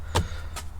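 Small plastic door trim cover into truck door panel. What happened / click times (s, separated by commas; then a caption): The plastic trim cover snapped into place / 0.2 s. A small plastic interior door trim cover is refitted into the door panel of a 2017-2019 Ford F250/F350 Super Duty during a door keypad installation, first engaging at its lower hooks before the upper part is pushed in. A single sharp snap at 0.2 s seats the cover in place, followed by a softer, fainter burst around 0.6 s over a low steady hum.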